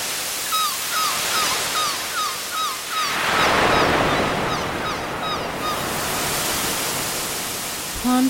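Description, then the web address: Gull calls, a run of sharp downslurred mewing notes repeated two or three times a second, then a surge of breaking surf with fainter calls continuing behind it. Recorded by the sea. "sea and gulls"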